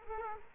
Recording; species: mosquito wingbeat signal from an infrared sensor; Culex quinquefasciatus